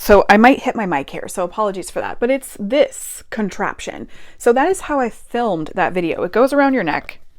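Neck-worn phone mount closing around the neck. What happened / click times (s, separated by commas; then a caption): Handled, not yet seated: no snap yet, only speech / none. A woman talks while handling a wearable neck-worn phone holder, bringing it up around her neck. A faint sudden sound comes at the very end of the clip, but the mount has not snapped into place yet; nothing has seated or clicked.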